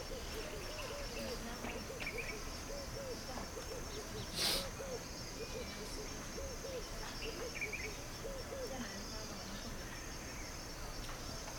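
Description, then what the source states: Crickets keep up a steady high trill throughout, while an owl gives many repeated low hoots over background hiss, with one brief sharp burst. Crickets and owls in a field near a village in Putti, Uganda.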